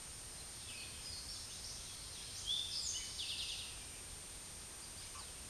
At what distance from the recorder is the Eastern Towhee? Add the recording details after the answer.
about 40 m. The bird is about 5 m above the microphone. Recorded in a Pennsylvania forest on 16 May 2024 at 09:49. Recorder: AudioMoth, point MSD-2083. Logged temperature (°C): 16.7 °C. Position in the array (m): 107 m, 8 m